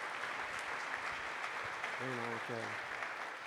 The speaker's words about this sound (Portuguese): Eu quero que vocês aplaudam o Senhor e glorifiquem a Ele. Deus seja louvado.